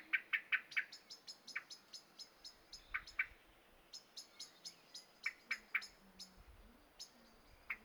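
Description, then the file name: Common blackbird uttering fast series of sharp ticks, with clusters of lower, louder chuck notes at the start and in later bursts. "Turdus merula"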